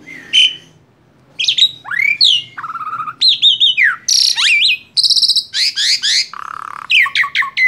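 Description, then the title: Asian pied starling song, a loud mix of rising and falling whistles, buzzy tones, harsh notes and rapid stuttering chirps in quick succession. Masteran training recording made to teach song to caged birds. "Masteran Jalak Suren"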